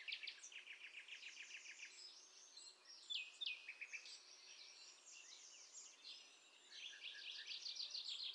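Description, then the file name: Eurasian wren song, faint: a long, rapid stream of high, crisp trills and ticking notes, changing speed and pitch throughout, over soft background hiss. "Troglodytes troglodytes"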